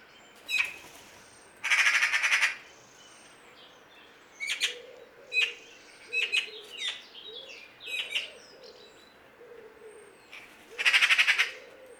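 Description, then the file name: Eurasian magpie giving loud, grating rattles near the start and end with shorter harsh notes between, over low soft notes and faint chirps. "Pica pica"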